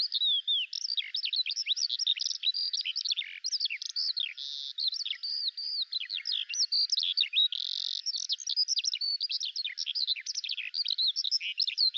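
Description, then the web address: Bird delivering a long, continuous high warble of chirps, short buzzes and trilled notes, sustained without a break. "Deverinetal 2025 File cleaned normalized Bird Al Ar"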